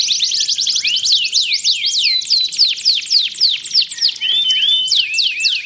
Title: Canto Para Esquentar Canário Belga. SUARA BURUNG : Kenari